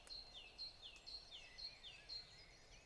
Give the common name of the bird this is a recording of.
Great Tit